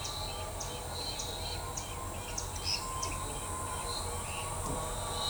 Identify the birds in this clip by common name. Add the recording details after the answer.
none. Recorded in shrubland near Pivijay, Magdalena, Colombia, on 17 April 2023 at 13:00. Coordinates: 10.453, -74.365. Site P5-G022